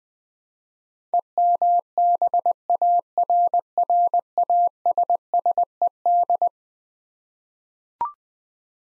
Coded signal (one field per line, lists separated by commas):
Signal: Morse code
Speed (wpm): 20 wpm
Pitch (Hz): 700 Hz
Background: none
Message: EMBARRASSED